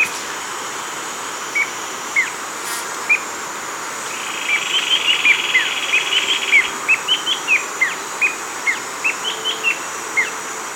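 Bird calls: brief high chirps, slow at first, then a quicker irregular run of notes in the second half, over a faint steady hiss.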